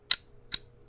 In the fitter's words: Clicks right in there.